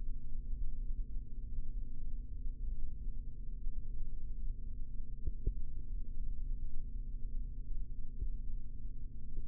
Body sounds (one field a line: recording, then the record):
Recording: forearm muscle sounds (acoustic myography)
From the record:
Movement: rest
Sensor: system 3, bracelet of six PUI Audio POM-2738L microphones around the upper forearm, with dedicated amplification and filtering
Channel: 2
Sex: male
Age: 25 years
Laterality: right